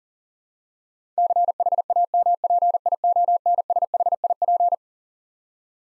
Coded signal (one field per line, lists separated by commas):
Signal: Morse code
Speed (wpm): 40 wpm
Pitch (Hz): 700 Hz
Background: none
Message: CHAMPIONSHIP